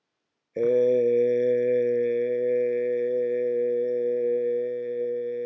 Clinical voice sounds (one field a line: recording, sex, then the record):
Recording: sustained vowel /e/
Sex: male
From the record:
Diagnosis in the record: healthy control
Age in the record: 68 years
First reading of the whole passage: 59 s, 8.4 characters per second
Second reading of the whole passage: 56 s, 8.8 characters per second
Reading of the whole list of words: 34 s, 8.3 characters per second